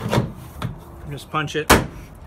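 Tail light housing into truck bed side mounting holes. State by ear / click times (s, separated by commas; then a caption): not seated / none. A plastic tail light housing on a 2006 Toyota Tacoma is handled against the mounting holes in the truck bed side, making short knocks near 0.1 and 0.6 seconds while someone talks. Nothing has seated or clicked yet; the housing is not yet home.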